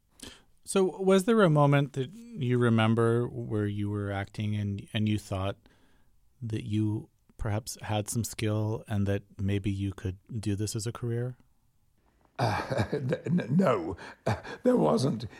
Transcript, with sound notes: So was there a moment that you remember where you were acting and you thought that you perhaps had some skill and that maybe you could do this as a career?
(Laughter) No, there wasn't,